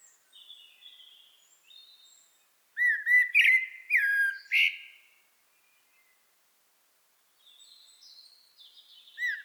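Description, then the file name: Common blackbird song: a run of rich, low whistled notes with a squeaky flourish, bracketed by quiet high twittering. "Turdus merula"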